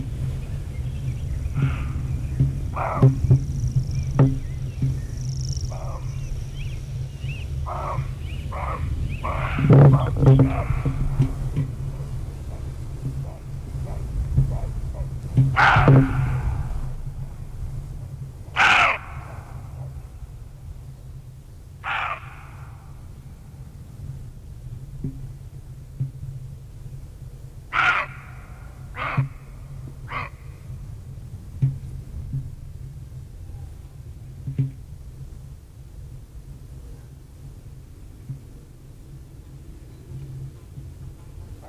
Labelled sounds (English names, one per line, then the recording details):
Western Roe Deer barking
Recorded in the wild
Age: adult
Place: Feldberg - Koldenhof, Mecklenburgische Seenplatte, Mecklenburg, DE
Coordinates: 53.3294, 13.3136
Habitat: mixed forest, clearing
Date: 1976-06-30 21:00
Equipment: Uher CR 210, Sennheiser MD 421 HL, Verstärker, Reflektor, Kopie Uher 4200
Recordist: Tembrock, Günter